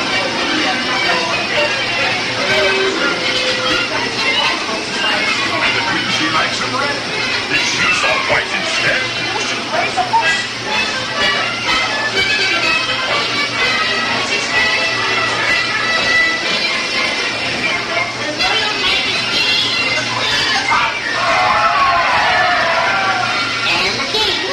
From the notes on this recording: a trip to Disneyland